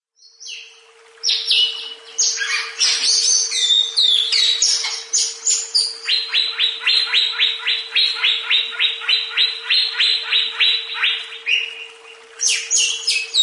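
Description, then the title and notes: Leafbird delivering a long, lively song: mixed chirps, then a steady rapid train of identical sharp notes for several seconds, with a continuous hum. "CCKIJDaunKecil. Cucak Ijo"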